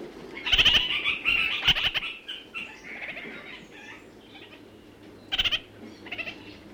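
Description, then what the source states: Red-crowned parakeet calls: loud rapid stuttering chatters at intervals, linked by softer nasal warbling notes. New Zealand.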